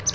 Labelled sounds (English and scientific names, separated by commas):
Palm Warbler (Setophaga palmarum) flight call